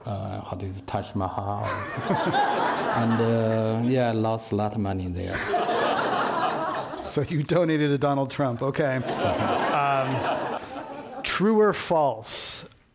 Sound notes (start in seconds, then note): 1.6 laughter; 5.3 laughter